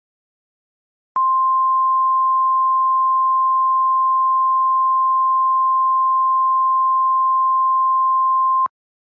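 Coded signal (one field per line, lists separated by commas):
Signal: Emergency Alert System (SAME) tones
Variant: 1050 Hz attention tone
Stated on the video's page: Fictional EAS scenario, not a real alert.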